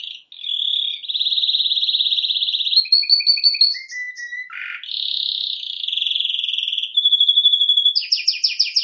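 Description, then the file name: Canary singing a continuous medley of fast trills, rolls, buzzy notes and a low rattle, closing with rapid pulsed high notes. "Canary Voice"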